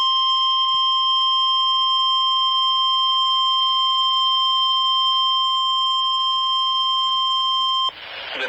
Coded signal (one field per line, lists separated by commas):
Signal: Emergency Alert System (SAME) tones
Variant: 1050 Hz attention tone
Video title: EAS Tornado Watch #667 Oklahoma and Arkansas on 2 NOAA Weather Radio Stations from the NWS Tulsa, OK